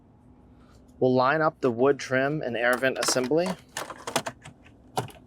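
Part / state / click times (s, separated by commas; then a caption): wood trim and air vent assembly into the center dash / seated / 4.2 s, 4.3 s, 5.0 s. Someone talks, then the plastic wood-trim and air vent assembly of a 2010-2013 Lexus GX is pressed onto the center dash. Its retaining clips snap in with sharp clicks at about 4.2, 4.3 and 5.0 seconds, and the assembly is seated.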